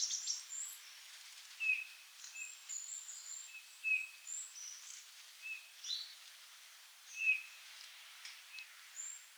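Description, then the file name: Eurasian bullfinch calling with brief, mellow whistled notes spaced a second or two apart, while other small birds chirp thinly and high in the background. "Pyrrhula pyrrhula"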